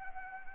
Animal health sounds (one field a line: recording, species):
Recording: mosquito wingbeat signal from an infrared sensor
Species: Anopheles arabiensis